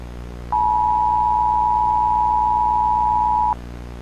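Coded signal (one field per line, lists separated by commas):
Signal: Emergency Alert System (SAME) tones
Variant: 853 and 960 Hz attention tone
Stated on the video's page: Fictional EAS scenario with valid EAS tones.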